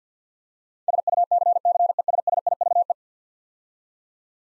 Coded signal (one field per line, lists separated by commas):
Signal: Morse code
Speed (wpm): 47 wpm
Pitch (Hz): 700 Hz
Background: none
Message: SUCCESSIVE